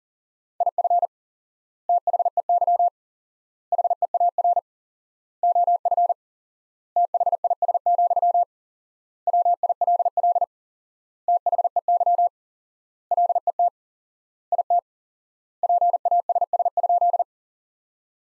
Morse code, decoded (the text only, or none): IF THEY HEAR OF THIS, WILL THEY LET IT PASS?